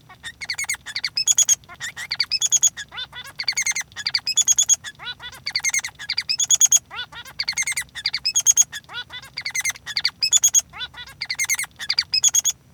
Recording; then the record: song of a male Bengalese finch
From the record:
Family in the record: son of father 3